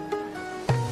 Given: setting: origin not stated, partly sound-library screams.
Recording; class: one-second piece from a danger detection set; normal situation